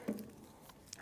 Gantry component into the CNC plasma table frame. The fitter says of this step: and lock into place as well there you go